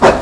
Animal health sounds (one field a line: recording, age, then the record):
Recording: pig call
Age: growing-finishing pig (85 days or more)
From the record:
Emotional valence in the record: positive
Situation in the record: enriched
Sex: female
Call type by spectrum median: low-frequency call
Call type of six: low-frequency tonal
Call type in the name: low-frequency tonal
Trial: 2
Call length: 0.22 s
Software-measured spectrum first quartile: 468 Hz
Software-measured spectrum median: 715 Hz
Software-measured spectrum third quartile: 1228 Hz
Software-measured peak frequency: 552 Hz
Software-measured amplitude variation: 113 dB a second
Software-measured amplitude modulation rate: 13.7 a second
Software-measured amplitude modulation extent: 8.3 dB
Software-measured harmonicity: -0.6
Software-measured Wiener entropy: -0.90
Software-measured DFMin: 925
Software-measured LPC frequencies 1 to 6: 605, 1632, 2530, 3345, 4056, 5233 Hz